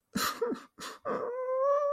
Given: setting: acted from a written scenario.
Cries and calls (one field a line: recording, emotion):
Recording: vocal sound without words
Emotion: sadness